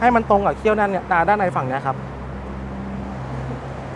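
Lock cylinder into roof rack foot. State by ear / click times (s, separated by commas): not seated / none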